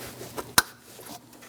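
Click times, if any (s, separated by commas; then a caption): 0.6 s. A wiring harness electrical connector is pushed onto the mass airflow sensor of a 2006-2011 Chevrolet HHR 2.4L L4 during reassembly after a valve cover job. A soft tap near 0.4 s is followed by a sharp, bright click at 0.6 s, then quiet handling noise. The connector latches and is seated.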